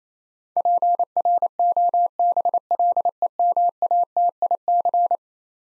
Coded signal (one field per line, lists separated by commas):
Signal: Morse code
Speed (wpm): 27 wpm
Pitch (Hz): 700 Hz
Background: none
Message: PROBLEMATIC